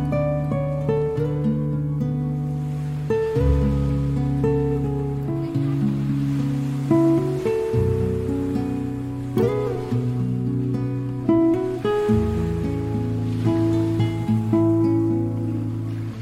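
Guitar plays slow, sustained chords, shifting to a new chord every few seconds, with a full, warm low end and ringing upper notes. Behind the music, a soft, steady wash of surf runs throughout, even in loudness.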